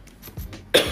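One sharp, abrupt cough burst after faint throat sounds; a dry cough in an adult woman with a summer cold, brought on by dry air in the room.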